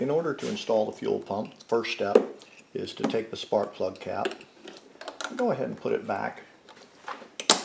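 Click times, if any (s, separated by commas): 7.4 s, 7.5 s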